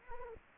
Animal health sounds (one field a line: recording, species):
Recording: mosquito wingbeat signal from an infrared sensor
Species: Anopheles arabiensis